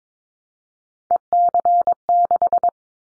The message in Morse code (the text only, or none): EC6